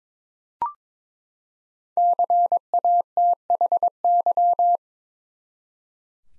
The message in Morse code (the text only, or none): CATHY